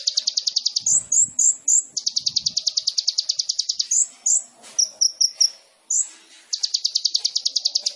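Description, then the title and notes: Sunbird song of long, fast pulsing trills, separated by clusters of high slurred chips and a few brief twitters. Indonesian masteran songbird training recording of a gacor (actively singing) kolibri ninja, full of isian (fill notes) and tembakan (bursts), intended as a lure (pancingan). "MASTERAN KOLIBRI NINJA TERBAIK FULL ISIAN DAN TEMBAKAN MEWAH COCOK BUAT PANCINGAN. Suara Burung Kolibri Ninja Gacor"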